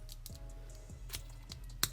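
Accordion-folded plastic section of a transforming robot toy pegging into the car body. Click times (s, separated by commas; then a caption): 1.8 s. An accordion-hinged plastic section of a Newage Wheeljack transforming robot toy is folded in and pushed into the car body during its transformation into car mode. A few light plastic taps and rubs come first, then a sharp snap at 1.8 s as the section seats, pegging in at the front.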